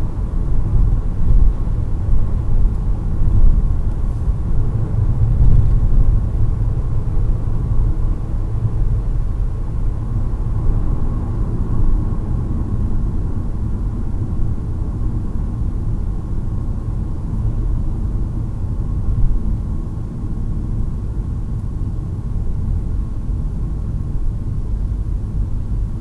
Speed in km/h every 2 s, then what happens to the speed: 108, 106, 104, 105, 105, 104, 92, 84, 81, 79, 72, 68, 65.
0-10 steady at about 105. 10-26 slows to 65.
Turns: none.